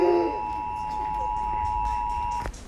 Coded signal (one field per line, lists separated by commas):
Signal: Emergency Alert System (SAME) tones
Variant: 853 and 960 Hz attention tone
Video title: Eas Tornado Warning On Weather Radio And TV 7/5/22